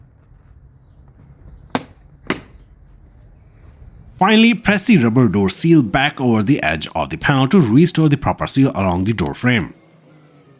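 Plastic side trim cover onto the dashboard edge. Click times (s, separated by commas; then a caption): 1.8 s, 2.3 s. A plastic dashboard side cover on a Kia Sportage is aligned with the dashboard edge and pressed on by hand during a smart key control module replacement. Two sharp clicks at 1.8 s and 2.3 s mark its clips snapping into place, seating the cover. Someone then talks from about 4.2 s to 9.7 s.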